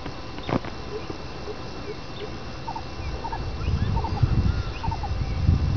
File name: Lcoucal